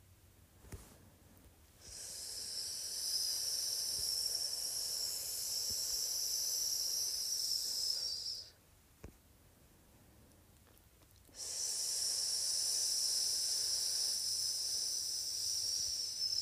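A hissing "sssss" sound in two long bursts, the first from about 2 to 8 seconds and the second from about 11 seconds to the end. Each hiss is steady, thin and very bright. Between them comes a quiet pause with a few soft clicks.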